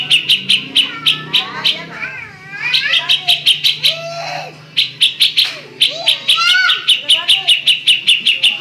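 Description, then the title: Oriental magpie-robin song of rapid, sharp repeated chipping notes, broken by curved whistles and slurred lower phrases, with a quiet low hum underneath. "Kicau Kacer"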